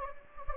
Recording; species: mosquito wingbeat signal from an infrared sensor; Anopheles gambiae